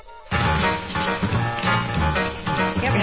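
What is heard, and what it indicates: Full, tuneful music with clear pitch and rich tone, simulating how music sounds through a cochlear implant with the latest, most advanced programming strategy, using the Med-El Rondo and Sonata devices; it sounds pretty.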